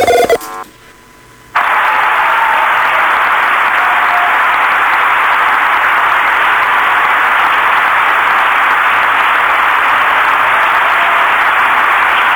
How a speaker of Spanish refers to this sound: Un cerrado aplauso para la presentación de Mauricio Macri.